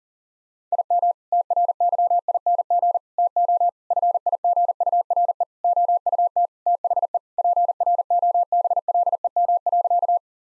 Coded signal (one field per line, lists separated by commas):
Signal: Morse code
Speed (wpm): 40 wpm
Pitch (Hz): 700 Hz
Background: none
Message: IM TRYING TO FIGURE OUT THE PROBLEM.